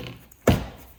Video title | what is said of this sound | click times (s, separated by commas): How to Install a Porsche 991 Front Lip Spoiler - Easy DIY 911 Upgrade | That was a nice little pop. | 0.5 s